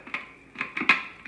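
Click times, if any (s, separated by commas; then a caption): 0.9 s. After the paddle is fitted, a plastic motor or lid unit is pushed onto the base of an ice cream maker, making a few sharp plastic taps around 0.1, 0.6 and 0.8 s. The loudest, crispest snap at 0.9 s is the unit locking into place, followed by a faint tap near the end.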